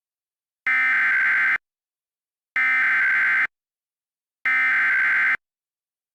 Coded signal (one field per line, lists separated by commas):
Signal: Emergency Alert System (SAME) tones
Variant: header bursts